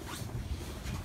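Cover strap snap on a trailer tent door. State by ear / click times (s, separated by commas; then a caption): not seated / none. The rolled-up fabric door cover of an H&H trailer tent is handled with its two straps, producing steady low rustling and fabric noise throughout. Nothing has seated or snapped into place yet.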